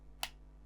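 A top plastic fuse piece is pushed into the fusebox of a Ferrari F40 Competizione scale model. A single sharp click sounds at 0.2 s over a low steady hum. The fuse part is seated in the fusebox.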